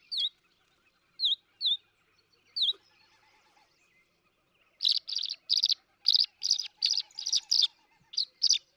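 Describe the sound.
Tree swallow calls: a few clear downslurred chirps near the start, then a run of buzzy, gurgling chirps repeated in quick succession, a faint lower tone underneath.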